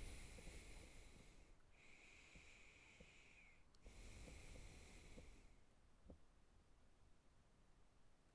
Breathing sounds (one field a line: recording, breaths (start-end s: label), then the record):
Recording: nose breathing near a microphone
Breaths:
0.00-1.60 s: exhalation
1.60-3.76 s: inhalation
3.76-5.71 s: exhalation
From the record:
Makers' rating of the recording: good